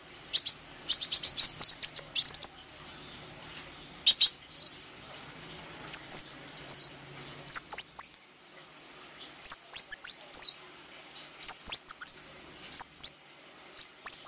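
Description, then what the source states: Sunbird song: opens with a dense run of high sharp notes, then settles into repeated thin rising-falling phrases spaced a second or two apart. Local name kolibri wulung; recording used as a lure (pancingan) to attract birds.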